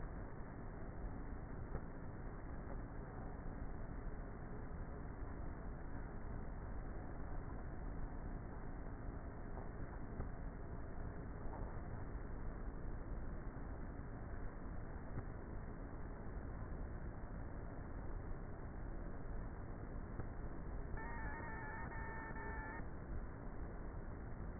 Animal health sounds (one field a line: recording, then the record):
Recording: honeybee colony, microphone inside the hive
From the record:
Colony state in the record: queenless with a low population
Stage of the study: before two queens were removed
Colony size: about 30,000 bees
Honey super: no